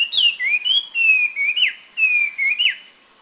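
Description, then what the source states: Taiwan hwamei giving rich, fluty whistles, long level notes broken by sharp downward slurs, in three quick phrases. Recorded near Huisun, Taiwan, in April 2010.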